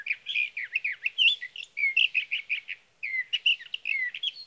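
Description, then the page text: Sage thrasher song, a fast tumbling stream of varied chirps, slurs and buzzes with one short pause midway. Male, Sierra Valley, California, June 12–15, 2018; from a series of his night songs, recorded by a Swift recorder near his night roost, and his day songs. "Sage thrasher songs, through the night."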